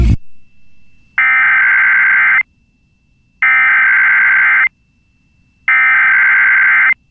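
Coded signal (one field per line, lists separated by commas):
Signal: Emergency Alert System (SAME) tones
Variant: header bursts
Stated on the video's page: Three PDS Tornado Watch alerts issued by the Storm Prediction Center, recorded from a station's IP stream, shortened.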